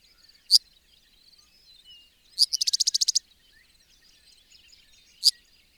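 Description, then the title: Bird calls: a rapid rattling trill of repeated high clicks amid faint twittering, with sharp isolated snaps near the start and end. "BIrd Luar Ngri"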